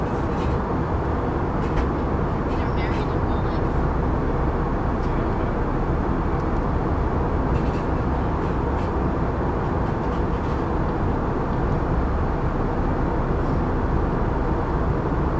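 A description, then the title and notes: Plane cabin sound during a flight: a steady, dense low roar with a constant hiss above it, unchanging in level throughout. Faint brief ticks and clicks appear scattered across the upper range, and a murmur of speech may sit under the drone. Full Flight From Ft.Lauderdale To San Juan, Puerto Rico. Ambient Sounds, Talking Sounds, White Noise, Plane Sounds, Flight Sounds, Flight Announcements, Chatting, Engine Sounds, Mechanical Sounds.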